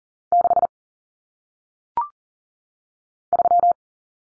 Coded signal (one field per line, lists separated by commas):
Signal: Morse code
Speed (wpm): 40 wpm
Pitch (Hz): 700 Hz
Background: none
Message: 6 3